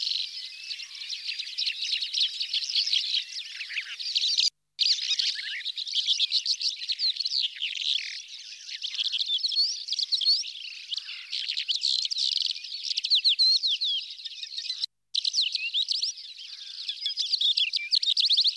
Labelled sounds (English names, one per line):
Calandra Lark song